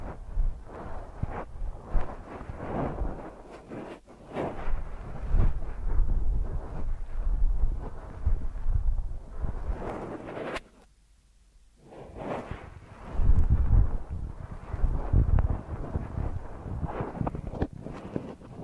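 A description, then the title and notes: Deep ear massage sounds, close and muffled, with heavy low rumbling rubs and soft scratchy brushing that swell and fade in uneven strokes. Around the middle, the rubbing stops for about a second of near silence, then returns louder and thicker before easing off. ASMR Deep Ear Massage for Sleep(No Talking).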